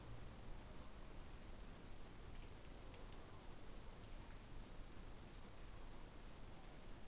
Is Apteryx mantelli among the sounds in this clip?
no